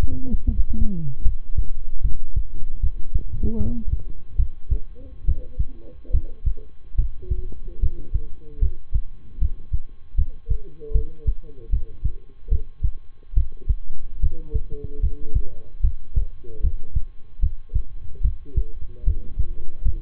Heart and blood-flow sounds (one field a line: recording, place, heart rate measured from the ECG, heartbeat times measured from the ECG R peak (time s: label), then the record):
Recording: heart sounds by stethoscope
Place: between the tricuspid and mitral areas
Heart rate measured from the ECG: 74 bpm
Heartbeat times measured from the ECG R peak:
0.44 s: heartbeat
1.22 s: heartbeat
2.01 s: heartbeat
2.79 s: heartbeat
3.57 s: heartbeat
4.35 s: heartbeat
5.24 s: heartbeat
6.10 s: heartbeat
6.95 s: heartbeat
7.79 s: heartbeat
8.58 s: heartbeat
9.38 s: heartbeat
10.14 s: heartbeat
10.91 s: heartbeat
11.69 s: heartbeat
12.48 s: heartbeat
13.33 s: heartbeat
14.19 s: heartbeat
14.99 s: heartbeat
15.80 s: heartbeat
16.60 s: heartbeat
17.39 s: heartbeat
18.21 s: heartbeat
19.03 s: heartbeat
19.82 s: heartbeat
From the record:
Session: rest, lying down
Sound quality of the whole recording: good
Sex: male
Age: 23 years